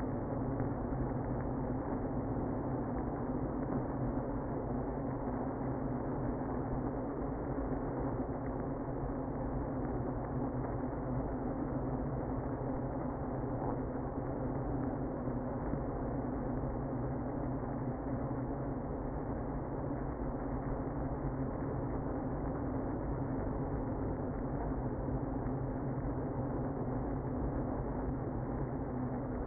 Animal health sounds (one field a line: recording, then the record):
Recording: honeybee colony, microphone inside the hive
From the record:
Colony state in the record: queenless (queen removed)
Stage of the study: after two queens were removed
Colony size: about 60,000 bees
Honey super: yes